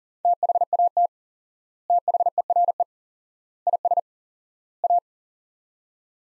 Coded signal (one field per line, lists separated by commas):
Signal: Morse code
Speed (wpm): 37 wpm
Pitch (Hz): 700 Hz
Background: none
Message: THAT THERE IS A